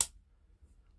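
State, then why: Seated. The steel, stiletto-type blade of a Cudeman Vendetta slipjoint pocket knife with a buffalo horn handle is pulled open with an easy pull, and the backspring snaps it into the open detent. A single sharp, bright click lands at 0.0 s and quickly dies away, leaving only a faint low rumble. The blade is seated in the open position.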